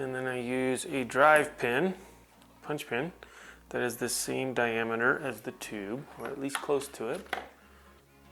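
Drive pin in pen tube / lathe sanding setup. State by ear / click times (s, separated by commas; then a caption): not seated / none. While squaring up a pen blank, a metal drive/punch pin about the same diameter as the pen tube is handled for fitting into the pen tube on the lathe sanding setup as someone talks. Nothing has seated or clicked yet; the pin is not yet home in the setup when the clip ends.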